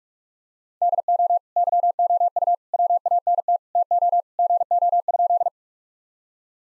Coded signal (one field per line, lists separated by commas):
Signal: Morse code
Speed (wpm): 46 wpm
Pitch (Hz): 700 Hz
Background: none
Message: DO YOU WANT TO GO?